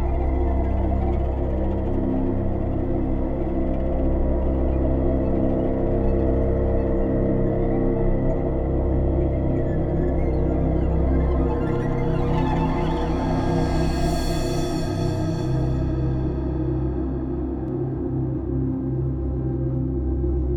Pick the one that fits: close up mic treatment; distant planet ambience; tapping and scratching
distant planet ambience